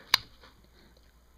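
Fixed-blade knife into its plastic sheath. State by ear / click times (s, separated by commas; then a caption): seated / 0.1 s. A Gerber StrongArm fixed-blade knife is pushed into its plastic sheath, which is tightened with a ranger band (rubber band) that adds pressure for a stronger positive click. A single sharp, bright click sounds at 0.1 s, followed by a few faint ticks in near silence. The knife snaps in and is seated.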